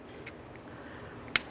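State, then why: Seated. A wiring harness connector is plugged into a new door lock actuator on a 2006-2010 Ford Explorer and seats with one sharp plastic click at 1.4 s. A few faint ticks come before it, and the connector is confirmed secure.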